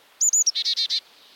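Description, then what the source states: Carolina Chickadee chick-a-dee call: a few high, clipped notes followed by four quick, buzzy dee notes. Close cousin of the black-capped chickadee, holds sway in the southeast; calls with its own regional accent.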